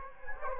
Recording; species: mosquito wingbeat signal from an infrared sensor; Anopheles gambiae